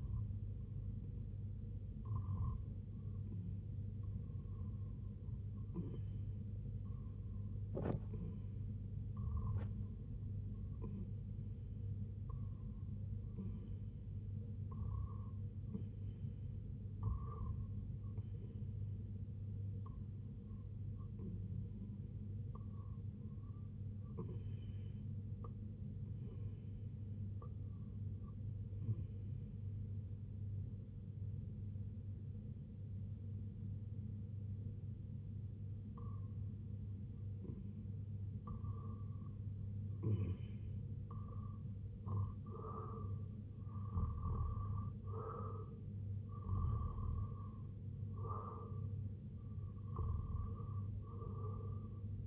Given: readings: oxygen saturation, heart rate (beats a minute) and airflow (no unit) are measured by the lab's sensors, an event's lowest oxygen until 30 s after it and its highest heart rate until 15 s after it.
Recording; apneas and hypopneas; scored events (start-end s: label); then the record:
breathing in sleep by a smartphone at the bedside; 1
12.00-27.40 s: hypopnea (REM, oxygen 95% highest, then 92% lowest, heart rate 79 at the start, 88 highest)
From the record:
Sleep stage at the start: REM sleep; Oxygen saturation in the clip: 92 to 95%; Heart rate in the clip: 71 to 88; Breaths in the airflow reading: 13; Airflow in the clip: -6.4 to 3.4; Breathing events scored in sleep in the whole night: 258 in 7.4 hours asleep